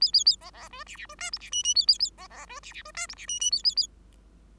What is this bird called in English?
Bengalese Finch